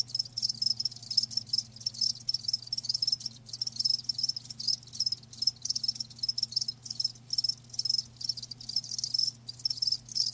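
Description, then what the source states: Cricket trilling at high pitch in rapid pulses with brief breaks, with a quiet low hum beneath. Live crickets chirping, a lulling song.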